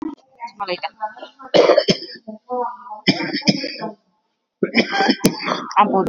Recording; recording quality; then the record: shallow voluntary cough; moderate, slight background noise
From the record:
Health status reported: exposed to COVID-19, no respiratory illness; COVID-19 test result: negative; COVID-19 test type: RT-PCR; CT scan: taken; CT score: 5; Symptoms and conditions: cough, cold, breathing difficulty, fever, hypertension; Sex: male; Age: 60 years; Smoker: no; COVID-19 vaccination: both doses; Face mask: not worn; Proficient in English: no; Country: India